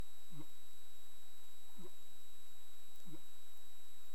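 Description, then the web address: Humpback whale calls, short low upward-sweeping grunts, three in all, over steady underwater hiss and electrical hum. Recorded 20 March 2035 at 15:53:57 UTC. "humpback whale 20350320 155357 UTC"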